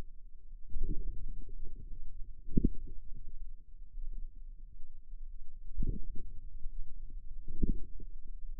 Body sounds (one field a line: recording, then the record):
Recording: forearm muscle sounds (acoustic myography)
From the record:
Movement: inward rotation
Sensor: system 2, bracelet of six BSWA MPA416 microphones around the upper forearm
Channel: 3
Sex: female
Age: 23 years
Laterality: right